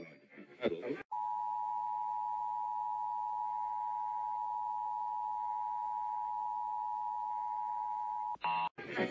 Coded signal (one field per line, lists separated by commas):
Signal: Emergency Alert System (SAME) tones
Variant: 853 and 960 Hz attention tone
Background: speech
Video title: Glory of The Tests (EAS #10851-10890) 5/3/23